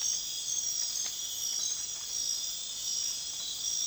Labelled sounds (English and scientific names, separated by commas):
none